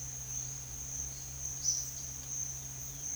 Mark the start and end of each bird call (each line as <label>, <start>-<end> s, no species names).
bird call, 1.53-1.84 s
bird call, 2.21-3.16 s